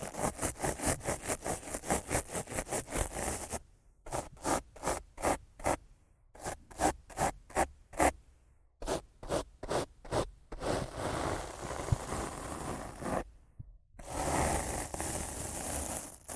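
Rough scratching on a microphone in quick, regular strokes, each a short bright burst with gaps of silence between. The strokes run steadily for about ten seconds, then give way to longer, denser brushing sweeps with a brief pause near the thirteenth second.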